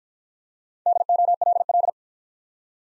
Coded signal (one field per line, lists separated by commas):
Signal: Morse code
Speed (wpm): 50 wpm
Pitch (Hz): 700 Hz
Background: none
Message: DOLL